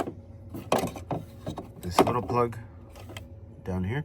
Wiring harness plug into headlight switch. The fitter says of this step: and then go ahead and put in that big plug make sure it clicks and then